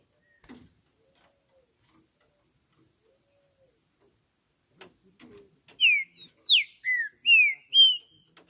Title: Trinca Piando, Cantando E Macheando Na DISPUTA. Trinca Ferro CANTANDO MUITO de CARA em CIMA do TELHADO! Disputa INSANA!! TRINCA JUSTICEIRO & FBI